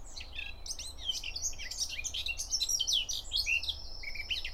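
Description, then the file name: Eurasian blackcap: a rapid, rich warble of varied high chirps and whistles runs without pause, ending on a clearer sustained whistled note, over a low rumble. "Sylvia atricapilla"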